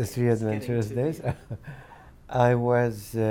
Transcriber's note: laughs